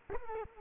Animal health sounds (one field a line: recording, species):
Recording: mosquito wingbeat signal from an infrared sensor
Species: Culex quinquefasciatus